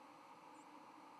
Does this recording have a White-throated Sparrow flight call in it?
no